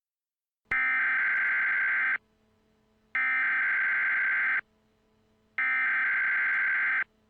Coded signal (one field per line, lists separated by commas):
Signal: Emergency Alert System (SAME) tones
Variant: header bursts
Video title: EAS ALERT/MOCK(FAKE)/DONT LOOK AT THE SKY